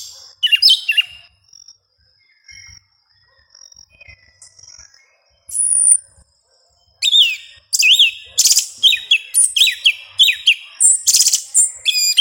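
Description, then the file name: Yellow-legged thrush giving scattered thin notes, a buzzy high phrase, then a dense, chattering flow of squeaky, sliding high notes. "Canto do sabia una"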